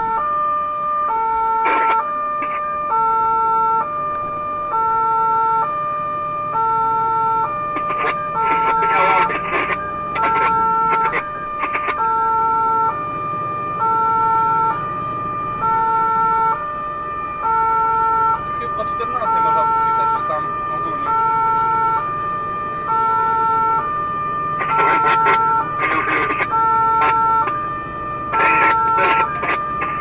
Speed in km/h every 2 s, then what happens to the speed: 44, 39, 37, 38, 42, 49, 49, 53, 53, 55, 62, 66, 67, 70, 72.
0-6 slows to 38. 6-30 speeds up to 72.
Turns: 0-6.